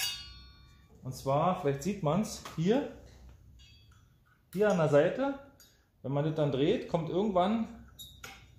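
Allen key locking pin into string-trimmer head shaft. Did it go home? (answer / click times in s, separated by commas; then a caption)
yes / 8.2 s. A small Allen key is pushed into a hole at the side of the head of a Makita DUR365U 2x18V cordless string trimmer, and the head is turned while someone talks. At 8.2 s a short click is heard as the key drops into a detent and locks the shaft in place, so the left-hand-thread nut can be undone.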